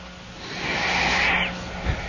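One long, breathy snoring inhalation from a sleeping 17-year-old, with a faint whistle at the end of the inspiration, heard over a humming phone line.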